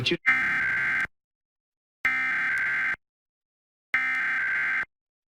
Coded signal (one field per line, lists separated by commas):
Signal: Emergency Alert System (SAME) tones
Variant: header bursts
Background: speech